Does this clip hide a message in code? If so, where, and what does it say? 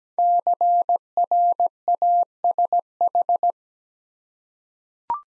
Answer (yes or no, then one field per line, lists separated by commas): yes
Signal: Morse code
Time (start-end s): 0.2-3.5 s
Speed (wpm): 17 wpm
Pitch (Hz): 700 Hz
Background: none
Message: CRASH